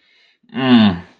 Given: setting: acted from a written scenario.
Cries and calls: vocal sound without words; neutral

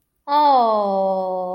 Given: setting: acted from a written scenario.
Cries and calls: vocal sound without words; adoration

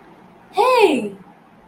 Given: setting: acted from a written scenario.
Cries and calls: vocal sound without words; distress

